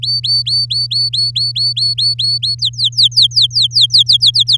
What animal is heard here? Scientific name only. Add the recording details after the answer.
Serinus canaria. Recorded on 9 May 2018 at 12:07. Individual llb16